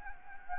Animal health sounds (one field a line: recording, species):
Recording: mosquito wingbeat signal from an infrared sensor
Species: Anopheles gambiae